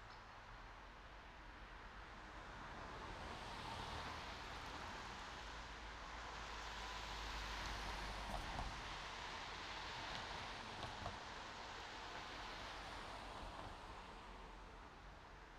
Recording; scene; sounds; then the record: everyday scene through a hearing-aid microphone; in traffic; traffic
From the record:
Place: main road on the outskirts, rush hour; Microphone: in the ear canal, right